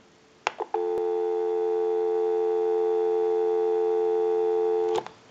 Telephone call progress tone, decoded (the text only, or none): dial tone